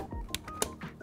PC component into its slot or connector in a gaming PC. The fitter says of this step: Oh, boom. Look at that. That was a nice click.